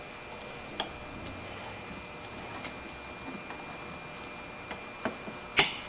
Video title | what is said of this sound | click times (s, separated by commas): How To Replace A Headlight 2008 Chevy Malibu | you'll hear it snap in and you | 5.6 s